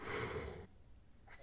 Sleep apnea.